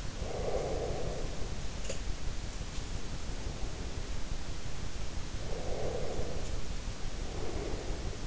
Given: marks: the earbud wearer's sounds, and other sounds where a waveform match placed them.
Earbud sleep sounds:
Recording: sounds in sleep by an in-ear microphone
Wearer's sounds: breath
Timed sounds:
0.07-1.76 s: breath
5.27-8.27 s: breath

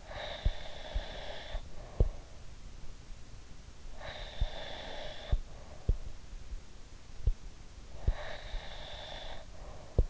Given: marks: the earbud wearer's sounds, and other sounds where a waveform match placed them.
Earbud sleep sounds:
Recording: sounds in sleep by an in-ear microphone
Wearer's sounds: breath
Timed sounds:
0.00-2.30 s: breath
3.96-5.79 s: breath
7.86-10.10 s: breath

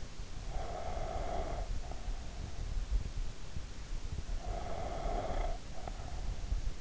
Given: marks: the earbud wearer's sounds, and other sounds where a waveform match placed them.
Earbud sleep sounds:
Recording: sounds in sleep by an in-ear microphone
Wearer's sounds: breath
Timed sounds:
0.19-2.78 s: breath
4.46-6.66 s: breath

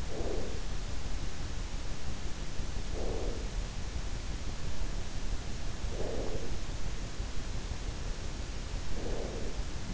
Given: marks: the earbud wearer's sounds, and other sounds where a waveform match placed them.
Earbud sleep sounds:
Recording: sounds in sleep by an in-ear microphone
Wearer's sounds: breath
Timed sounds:
0.00-0.74 s: breath
2.78-3.72 s: breath
5.66-6.99 s: breath
8.86-9.70 s: breath

